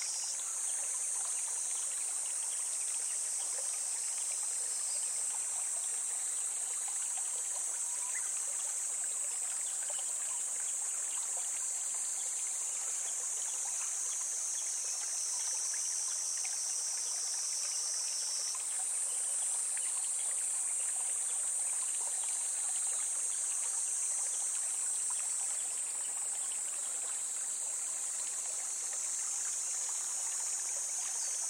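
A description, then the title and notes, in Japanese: A small stream runs beside a larger river, its trickle and splash steady throughout. Insects buzz in a continuous, very high shrill band over the water, shifting slightly in pitch around the middle and later on. No distinct birdsong stands out. 多摩川本流のすぐ脇を流れるせせらぎへ。台風による増水で、周囲から孤立しつつある秘境みたいになってしまいました。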